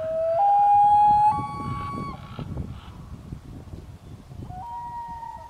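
Loon wailing call: long, clear, mournful tones stepping upward in pitch over about two seconds, fading, then a shorter rising note returning near the end, with low rumbling background noise.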